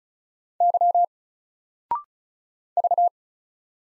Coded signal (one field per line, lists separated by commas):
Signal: Morse code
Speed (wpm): 36 wpm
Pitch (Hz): 700 Hz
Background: none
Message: Y V